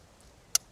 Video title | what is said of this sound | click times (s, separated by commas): Maximal-Bikepacker? DAS ist dein Bike! - Hase Gravit Dust | schnappt dann nur noch einmal diese Sicherung ein | 0.6 s